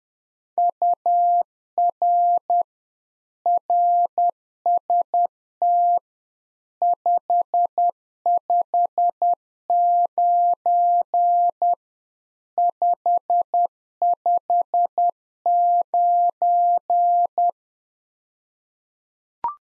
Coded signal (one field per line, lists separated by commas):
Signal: Morse code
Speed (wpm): 10 wpm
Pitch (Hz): 700 Hz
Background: none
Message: UR RST 559 559